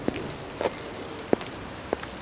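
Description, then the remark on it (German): Rain on 15 July falls as a soft, steady hiss, broken by a few louder drops tapping down at uneven intervals. No voices are heard. “Auch am 15. Juli hörte der Regen nicht auf.”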